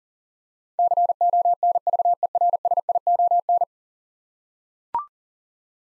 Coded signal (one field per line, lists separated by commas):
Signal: Morse code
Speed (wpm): 38 wpm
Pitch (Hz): 700 Hz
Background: none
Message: CONVERSION